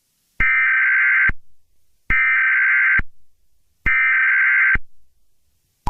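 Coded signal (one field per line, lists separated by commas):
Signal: Emergency Alert System (SAME) tones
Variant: header bursts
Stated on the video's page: Fictional EAS scenario.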